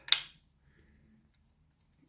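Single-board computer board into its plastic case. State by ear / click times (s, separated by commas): seated / 0.1 s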